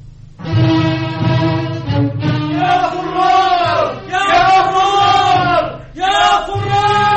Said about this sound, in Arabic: أسمعت هتاف أهل المدينة واستقبالهم لجيش مؤتة؟